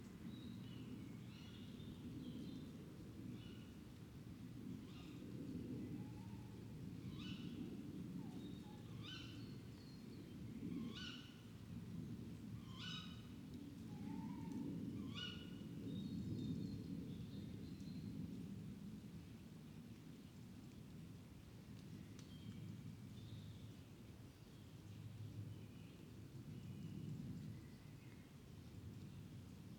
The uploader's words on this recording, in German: Ein Abend vor dem Fuchsbau (Kopfhörerfassung). Dieses Mal war ich mit dem Kunstkopf angerückt.